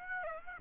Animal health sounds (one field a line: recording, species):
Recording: mosquito wingbeat signal from an infrared sensor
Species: Aedes aegypti